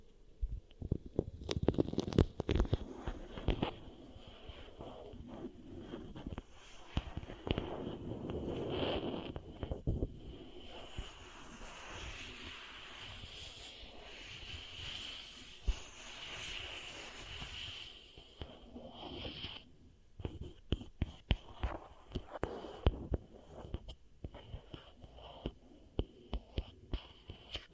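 Beeswax ear triggers: dense sticky crackles and squishes in bursts, a smoother hissing middle stretch with a steady bright tone, then sharp clicks return.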